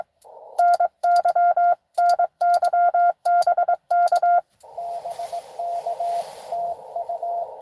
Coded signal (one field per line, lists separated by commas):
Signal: Morse code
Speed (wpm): 20 wpm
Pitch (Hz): 700 Hz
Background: radio noise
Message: NY NY BK BK TU